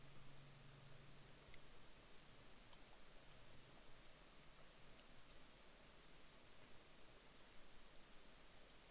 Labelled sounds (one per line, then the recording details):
rain
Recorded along the Dalton Highway, Alaska, on 17 April 2019 at 06:28
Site 03